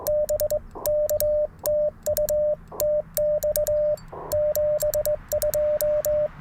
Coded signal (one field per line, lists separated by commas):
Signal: Morse code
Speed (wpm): 22 wpm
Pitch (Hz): 600 Hz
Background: radio noise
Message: BK TU TX 72